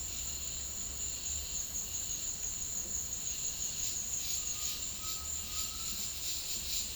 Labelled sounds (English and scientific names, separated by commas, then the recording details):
Undulated Tinamou (Crypturellus undulatus)
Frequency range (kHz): Undulated Tinamou (Crypturellus undulatus) 0.9-1.9 kHz
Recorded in dense forest near Puerto Asís, Putumayo, Colombia, on 18 February 2024 at 16:00
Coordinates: 0.502, -76.324
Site G6370